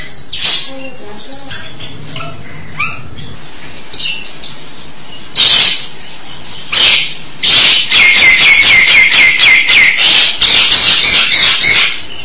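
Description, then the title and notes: Starling song: scattered whistles and chatter, then dense rapid buzzy trilled phrases filling the last five seconds. "suara burung jalak"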